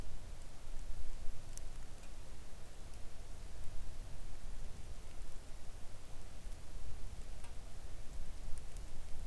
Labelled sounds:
rain
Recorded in the Arctic National Wildlife Refuge, Alaska, on 3 August 2019 at 05:43
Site 41

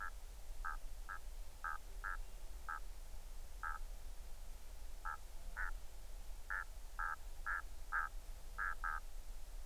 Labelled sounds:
waterfowl
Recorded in the Arctic National Wildlife Refuge, Alaska, on 20 July 2019 at 02:45
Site 38

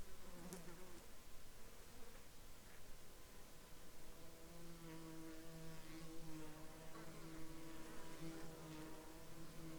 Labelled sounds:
insects
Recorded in the Arctic National Wildlife Refuge, Alaska, on 12 July 2021 at 09:57
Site 37

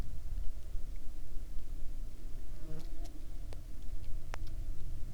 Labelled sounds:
wind
rain
insects
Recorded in the Arctic National Wildlife Refuge, Alaska, on 20 July 2019 at 03:33
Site 38

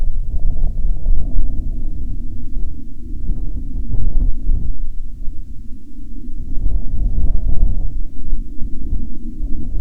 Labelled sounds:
wind
aircraft
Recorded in the Prudhoe Bay oil fields, Alaska, on 6 August 2019 at 09:25
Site 13

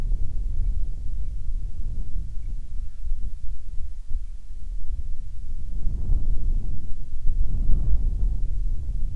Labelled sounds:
wind
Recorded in the Prudhoe Bay oil fields, Alaska, on 7 August 2019 at 05:58
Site 13

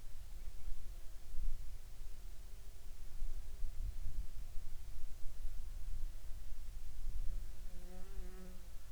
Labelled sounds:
bird
insects
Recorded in the Arctic National Wildlife Refuge, Alaska, on 18 July 2019 at 21:44
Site 48

